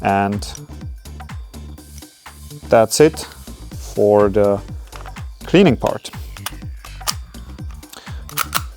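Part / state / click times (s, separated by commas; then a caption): airsoft pistol slide/barrel assembly onto frame / seated / 7.1 s, 8.4 s. After barrel cleaning, a TP22 airsoft pistol is reassembled by reversing the disassembly steps, with the slide and barrel group pushed back onto the frame. Someone talks over light music, and sharp clicks sound at about 7.1 s and 8.4 s as the slide clicks back into place, leaving the pistol seated and ready.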